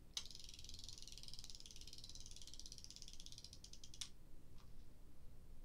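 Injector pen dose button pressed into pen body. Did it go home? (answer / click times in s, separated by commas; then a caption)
yes / 0.2 s. With the needle inserted, the dose button of a plastic injector pen is pressed into the pen body and seats with a sharp click at 0.2 s. A fast, buzzing ratchet follows as the dose mechanism unwinds, ending with another click around 4.0 s and then near silence.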